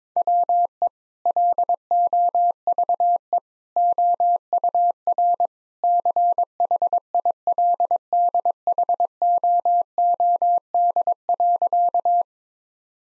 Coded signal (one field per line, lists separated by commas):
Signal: Morse code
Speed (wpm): 22 wpm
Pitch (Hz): 700 Hz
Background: none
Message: WE LOVE OUR CHILDHOOD.